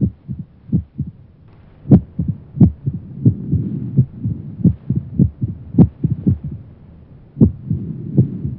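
Heart sounds of an adult in atrial fibrillation, heard through a stethoscope.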